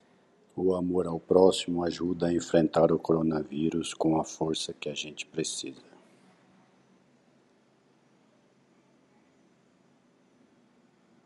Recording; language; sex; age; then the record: spoken sentence; Brazilian Portuguese; male; 50 to 59 years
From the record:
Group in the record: control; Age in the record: 51 years